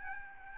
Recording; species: mosquito wingbeat signal from an infrared sensor; Aedes albopictus